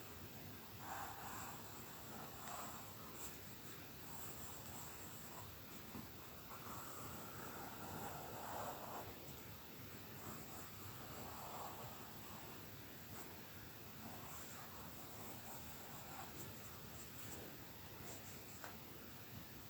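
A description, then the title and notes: Paper and card being worked, with a steady, dense scratching texture running throughout and a constant high hiss on top. Soft swirling tracing dominates, broken by brief sharper marks around 1, 7 to 9, and 11 seconds. Soft Tracing and Staccato Cutting. A soundscape of contrasts through the valleys of soft, swirly tracing to the pinnacles of sharp cuts of card.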